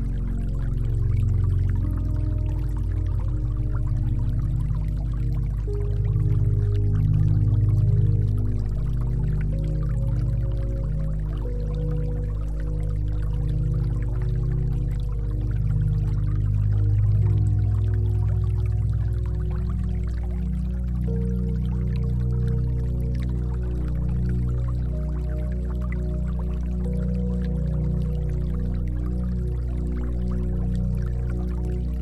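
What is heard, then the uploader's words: Calm music built on deep, sustained drone tones, with a slow change of the bass note about halfway through. A soft, steady trickle of water with light drips runs faintly above it. The level stays even throughout. Relaxing Zen Music with Water Sounds • Peaceful Ambience for Spa, Yoga and Relaxation.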